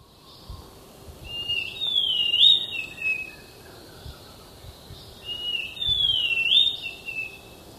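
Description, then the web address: Thrush-like schiffornis song, two slurred whistled phrases about four seconds apart. Recorded in Ecuador. "Birds of Ecuador. Thrush-Like Schiffornis"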